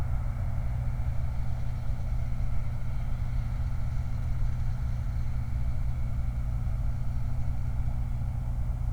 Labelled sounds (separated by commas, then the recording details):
vehicle
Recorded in the Prudhoe Bay oil fields, Alaska, on 29 July 2019
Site 29